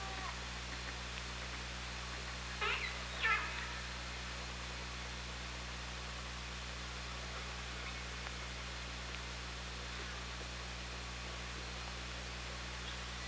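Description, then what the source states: Killer whale calls, two brief harmonic bursts close together early on, then only low steady hum and hiss. Hydrophone recording from OrcaLab, 24 August 2017 at 18:36.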